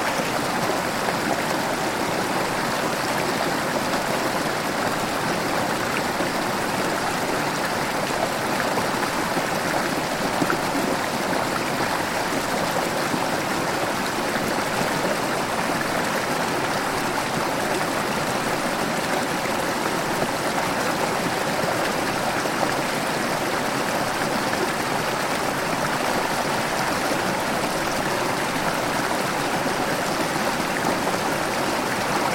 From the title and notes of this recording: Calming Hawaiian Stream: Gentle Running Water Sounds. Allow the calming sounds of a gentle flowing stream in the jungles of Hawaii.